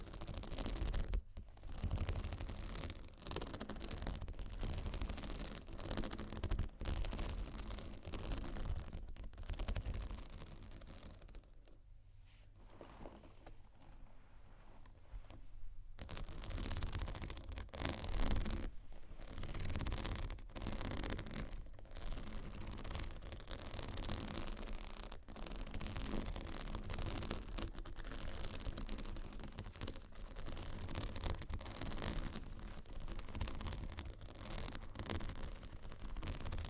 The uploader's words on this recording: ASMR Scratch & Tap on Textured Bags Studded vs Crocodile(No Talking).